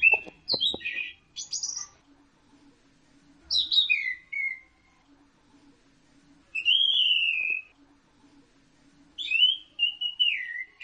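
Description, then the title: Orange-headed thrush song: rich whistled phrases of sliding, warbling notes, given in bursts separated by pauses of a second or two, with a faint low hum underneath. "Burung Anis Merah"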